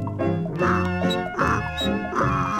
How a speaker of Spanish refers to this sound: El burrito está llorando.